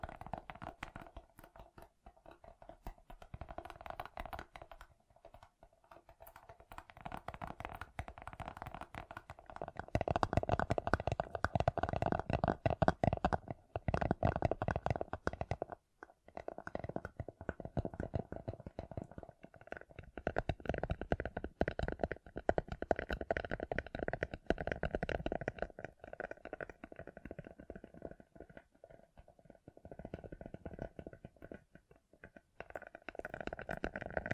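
Gem-covered fingertips tap and scratch in dense, rapid bursts of small clicks and gritty scrapes. The first ten seconds are quieter and sparser, then the activity grows louder and busier, with a brief pause near sixteen seconds and another dip around twenty-eight seconds.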